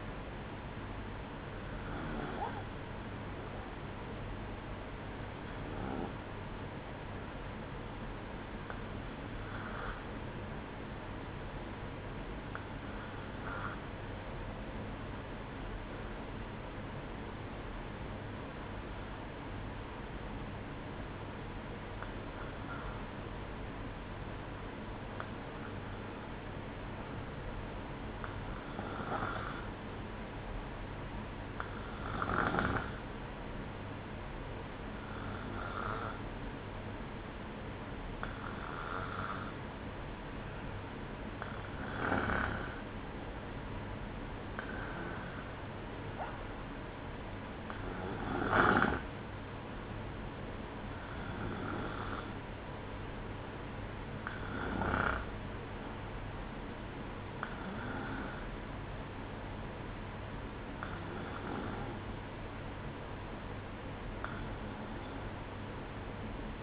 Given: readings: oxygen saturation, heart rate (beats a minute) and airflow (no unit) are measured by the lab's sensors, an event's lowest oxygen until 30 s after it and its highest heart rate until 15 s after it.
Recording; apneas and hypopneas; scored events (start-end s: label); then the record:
breathing in sleep by a voice recorder at the bedside; 1
14.00-42.00 s: hypopnea (N1, oxygen 95% highest, then 94% lowest, heart rate 61 at the start, 62 highest)
From the record:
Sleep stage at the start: N1 (lightest sleep); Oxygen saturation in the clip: 94 to 96%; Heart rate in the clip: 59 to 62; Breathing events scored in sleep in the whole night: 305 in 9.6 hours asleep